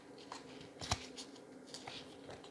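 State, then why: Not seated. A watch strap end is slid into the band slot on the case of a 41mm Apple Watch Series 9, producing faint scraping and small rattling ticks around 0.3 s, 0.9 s and 1.7 s as it shifts. The strap has not snapped in or locked yet.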